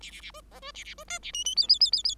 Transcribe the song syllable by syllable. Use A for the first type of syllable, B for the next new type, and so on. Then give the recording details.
A A A B C B A A B D A E E F F F F F. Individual Bird5